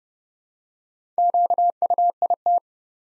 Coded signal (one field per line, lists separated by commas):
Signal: Morse code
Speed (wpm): 30 wpm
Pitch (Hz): 700 Hz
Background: none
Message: QUIT